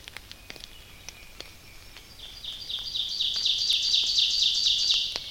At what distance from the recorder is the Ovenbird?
about 35 m